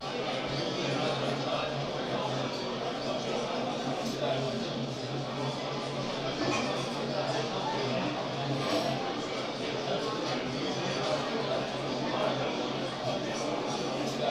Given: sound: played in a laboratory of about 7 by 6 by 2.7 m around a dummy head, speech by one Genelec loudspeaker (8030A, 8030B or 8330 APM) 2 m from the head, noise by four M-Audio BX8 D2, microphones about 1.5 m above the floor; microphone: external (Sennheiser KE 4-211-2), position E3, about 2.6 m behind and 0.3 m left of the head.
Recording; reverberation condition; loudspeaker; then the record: cafeteria noise; medium; four, about 170 cm from the corners of the room and facing them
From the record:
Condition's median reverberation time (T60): about 510 ms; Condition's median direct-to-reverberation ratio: about -0.5 dB